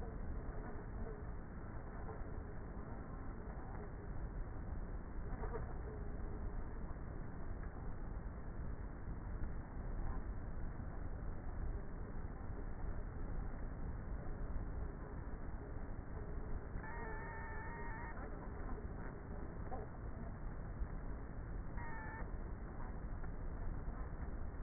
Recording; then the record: honeybee colony, microphone inside the hive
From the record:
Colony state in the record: queenless with a low population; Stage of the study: before two queens were removed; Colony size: about 30,000 bees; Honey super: no